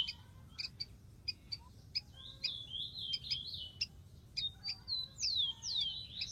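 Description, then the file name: Rufous-collared sparrow song, quieter under a hiss: scattered chips and level whistled notes, ending with two falling slurred whistles. "canto do tico tico"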